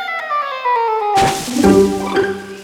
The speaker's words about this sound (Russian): Он шлепнулся на землю и очень ушиб ножку.